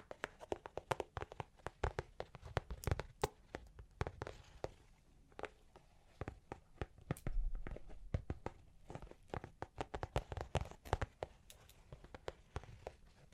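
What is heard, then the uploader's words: Long claws tap and scratch in quick, irregular bursts, sharp clicks landing several times a second with brief pauses between clusters. A rougher scraping stretch swells around seven to eight seconds, and a faint low hiss sits beneath throughout. Long Claws Tapping and Scratching (No Talking).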